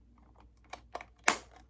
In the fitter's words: Cool. It just snaps right in.